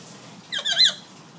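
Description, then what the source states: Hill myna making a brief, harsh, squealing squawk, about half a second long, over low background hiss. Tutor recording of an actively singing hill myna, meant for training other birds to copy.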